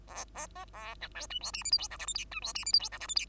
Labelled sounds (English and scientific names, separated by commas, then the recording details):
Bengalese Finch (Lonchura striata domestica) song
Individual Bird2